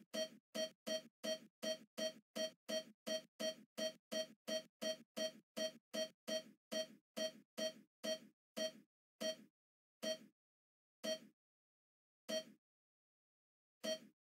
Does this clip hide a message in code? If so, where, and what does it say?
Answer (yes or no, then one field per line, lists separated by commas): no